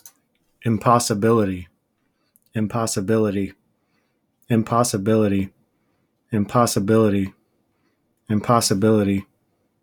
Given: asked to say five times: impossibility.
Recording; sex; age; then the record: repeated word; male; 20 to 29 years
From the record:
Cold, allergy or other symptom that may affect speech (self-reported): no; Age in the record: 26 years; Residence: Michigan, United States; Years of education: 12